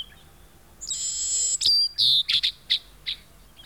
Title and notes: Museo de Ciencias de Bahía Blanca. Pecho Colorado (Leistes superciliaris). Su canto es áspero, con resonancias nasales